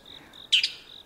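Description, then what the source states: Bull-headed shrike giving a single harsh, rasping double note over a faint high trill. Recorded at Yumura Onsen, Shimane Prefecture, Japan.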